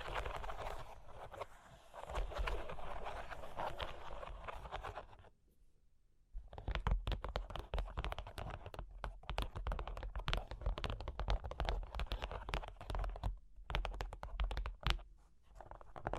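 Fingers tap and scratch on cork and wood in a dense, uneven stream of small clicks and rubbing sounds. A brief pause near five seconds breaks the activity, then quick scratching and tapping resume with another short gap around thirteen seconds.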